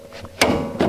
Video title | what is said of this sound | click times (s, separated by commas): Connecting a mowing implement to your tractor | it clicks when I pushed it back. Now it's locked. | 0.4 s